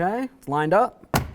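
Someone talks while a plastic window switch panel on a 2006–2010 Ford Explorer is handled and lowered so its four tabs line up with the holes along the top of the door trim panel. A short, sharp knock is heard at 1.2 s, but the panel has not yet seated or clicked into the door trim.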